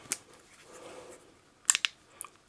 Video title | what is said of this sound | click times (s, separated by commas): Insta360 X4 Unboxing vom Nachfolger der Insta360 X3 | wichtig dass es einrastet hier | 1.7 s, 1.8 s